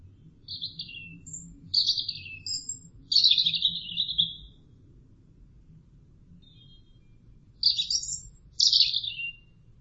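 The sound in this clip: Bird calls: several scratchy, falling high-pitched phrases in quick succession, one longer chattering run, a pause, then two more brief bursts.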